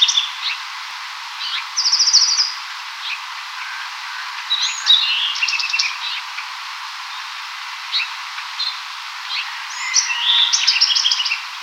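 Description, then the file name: Bewick's wren song of scattered high notes, short buzzy trills and quick chattering phrases, in several bursts with gaps between them, over a faint steady hiss. Northwestern California. "BEWR songs"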